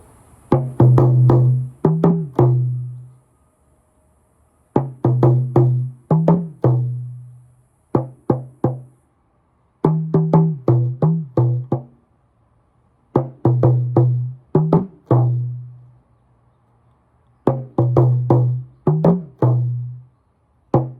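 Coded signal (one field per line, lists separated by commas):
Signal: talking drum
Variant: Yoruba dùndún, Ṣajẹ beat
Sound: phrases of hollow low drum strokes rising and falling in pitch, repeated with short pauses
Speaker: This is a Shagile drum beat. Meaning is a short drum beat. And this one is called to won ti ni ni o lo both it and the elephant try and up going. E ta ku the climbing plants that trying to block the passage of an elephant is going to get dragged along by the elephant. So I want to say to won ti ni ni o lo E ta ku to ni ki ni ma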